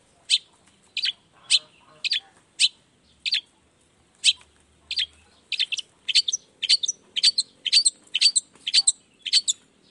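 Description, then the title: Long-tailed shrike song: short sharp high chips, spaced at first then speeding into a dense run of paired notes. Recorded in the morning; called a chattering, well-singing bird, with 'toet toet' voice variations, played to stimulate lazy shrikes to start singing. "Cendet Gacor Dor Di Kala Pagi Toet Toet Variasi Suara. Cendet Gacor Di Pagi Hari Rangsangan Emosi Cendet Malas Bunyi Supaya Secepatnya Ikutan Bunyi"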